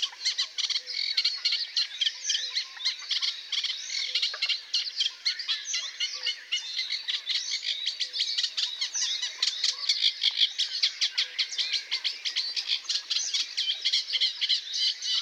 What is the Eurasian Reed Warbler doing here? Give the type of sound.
song